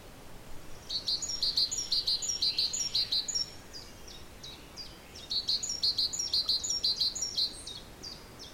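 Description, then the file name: Great tit song: two bursts of high, piercing double notes about four seconds apart, each repeated quickly several times, followed by fainter trailing notes. "Parus major"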